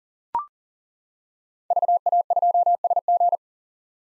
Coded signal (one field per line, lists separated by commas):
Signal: Morse code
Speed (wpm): 40 wpm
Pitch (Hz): 700 Hz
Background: none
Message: VA2SG